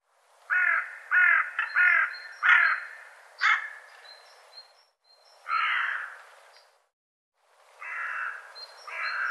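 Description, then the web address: Bird calls: four quick hoarse caws, a sharper single note, then a longer rasping call and two more after a brief silence. "cianscape birddata"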